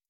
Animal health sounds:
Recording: hydrophone in a shrimp aquaculture tank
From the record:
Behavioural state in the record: starved

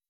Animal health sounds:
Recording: hydrophone in a shrimp aquaculture tank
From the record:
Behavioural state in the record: weakened

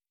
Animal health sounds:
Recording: hydrophone in a shrimp aquaculture tank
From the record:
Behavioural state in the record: normal

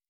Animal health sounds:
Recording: hydrophone in a shrimp aquaculture tank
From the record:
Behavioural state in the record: stressed

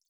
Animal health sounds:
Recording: hydrophone in a shrimp aquaculture tank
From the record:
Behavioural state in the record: feeding

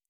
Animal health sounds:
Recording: hydrophone in a shrimp aquaculture tank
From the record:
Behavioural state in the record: normal

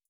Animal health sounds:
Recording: hydrophone in a shrimp aquaculture tank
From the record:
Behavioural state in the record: starved

